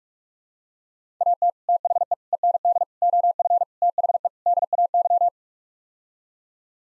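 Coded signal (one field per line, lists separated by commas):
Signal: Morse code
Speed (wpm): 46 wpm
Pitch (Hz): 700 Hz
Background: none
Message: AT THE END OF THE DAY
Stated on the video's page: Morse practice sets of six-word phrases at 45 wpm; each set sent, then spoken, then sent again for head-copy practice.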